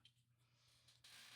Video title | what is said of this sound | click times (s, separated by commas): Agora 1:2 Scale Alien Pack 80 | Yeah, pull it out like that. And then it pops right in. | 0.1 s